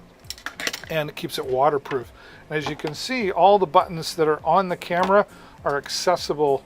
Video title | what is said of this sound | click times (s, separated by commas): Amazon Live Deals | but there's a clip that goes over top here right and keeps everything locked into place | 0.3 s